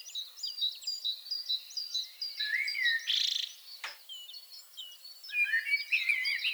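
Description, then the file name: Common blackbird song: a fluted phrase with a harsh high ending, a sharp click, then another whistled phrase, backed by dense high twittering of other birds. "Turdus merula"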